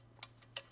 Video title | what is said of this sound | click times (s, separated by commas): Learn Trumpet From A Master: Lesson 3 Cleaning Your Trumpet With Daniel Rosenboom | It'll usually click into place. | 0.2 s, 0.6 s